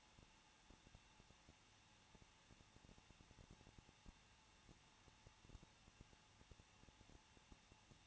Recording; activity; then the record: daily activity, microphone in the room; no activity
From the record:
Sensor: 1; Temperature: 20.1 degrees Celsius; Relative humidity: 39.1%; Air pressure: 1006.3 hPa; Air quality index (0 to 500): 217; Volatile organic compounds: 75 ppm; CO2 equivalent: 3568 ppm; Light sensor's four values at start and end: 1/2/1/1 and 1/2/1/1